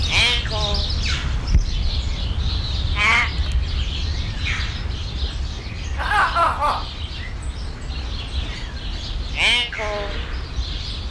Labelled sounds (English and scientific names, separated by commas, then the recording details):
Common Hill Myna (Gracula religiosa)
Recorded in captivity
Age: adult
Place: Zoo Berlin, Berlin, DE
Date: 1993-01-30
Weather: -6° C, sonnig
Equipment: Marantz CP 430, Sennheiser ME 80, Kopie Uher Variocord 263
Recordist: Tembrock, Günter